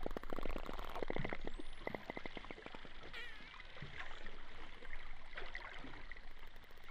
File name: Bottlenose dolphins